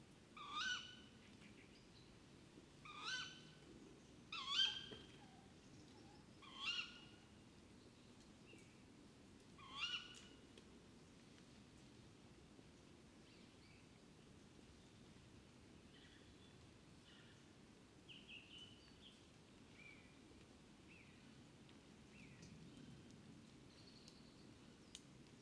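An evening outside a fox den: five sharp, bright barking calls ring out in the first ten seconds, spaced a few seconds apart. After that, soft, scattered bird chirps continue over a steady low rumble of background noise.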